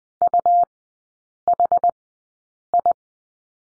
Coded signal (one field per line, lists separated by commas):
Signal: Morse code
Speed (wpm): 20 wpm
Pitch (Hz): 700 Hz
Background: none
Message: UHI